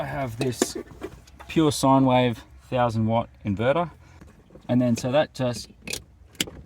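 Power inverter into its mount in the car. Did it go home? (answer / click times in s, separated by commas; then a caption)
yes / 6.4 s. Someone talks while fitting a 1000 W pure sine wave power inverter into its mount in a Prius. The inverter snaps into place with one sharp click at 6.4 s and is seated.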